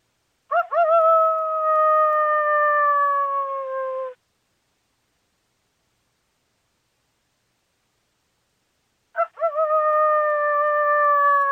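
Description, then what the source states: Coyote howling twice; each howl starts with a short wavering break, then holds a long note, the first slowly dropping, with a quiet gap of five seconds between. Described as a mate call.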